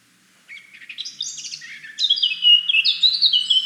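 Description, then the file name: Blackcap song starting as a soft, rapid chattering warble, then breaking into louder, fluting whistled phrases. "Sylvia atricapilla"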